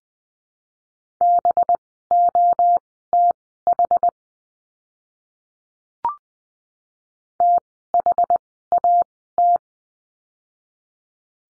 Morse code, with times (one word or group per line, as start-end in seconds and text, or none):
1.2-4.1 BOTH
7.4-9.6 THAT